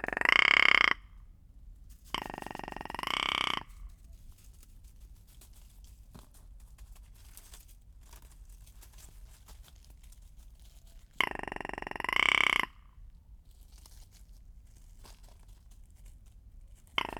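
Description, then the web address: Rock ptarmigan giving harsh, belching croaks: two bursts close together, then after a long near-silent gap another burst. Recorded on 13 April 2019 with a Lewitt LCT 540 S microphone. "2019 04 13 lewitt lct 540 s and rock ptarmigan"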